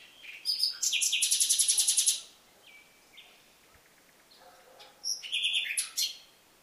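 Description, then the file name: Common nightingale song: a loud fast rattle of about a dozen identical pulsed notes, a soft whistle, then a further varied phrase of chattering notes. "Luscinia megarhynchos"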